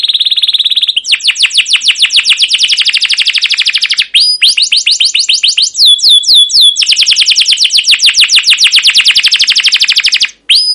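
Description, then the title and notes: Canary singing continuously: a held whistle, then long, rapid rolling trills broken by brief looping chirps, with the pace changing several times. Caged canary song used as lure to train young canaries to learn sounds; style described as cuit cuit ngerol, gacor panjang, emosi: chirping, rolling, long continuous excited singing. "CUIT CUIT NGEROL GACOR PANJANG Kenari Pancingan KENAR. PANCINGAN Kenari GACOR PANJANG Cuit CUIT EMOSI MASTERAN Kenari PAUD belajar BUNYI. burung kenari"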